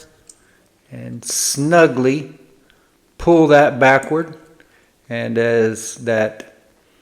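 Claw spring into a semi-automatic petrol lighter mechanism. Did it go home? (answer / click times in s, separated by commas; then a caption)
no / none. Pliers grip a wire that is pulled backward to stretch a small steel claw spring onto a Thorens double-claw semi-automatic petrol lighter mechanism while someone talks. Faint brief ticks come at about 0.3 and 2.7 seconds. Nothing has seated or clicked into place yet.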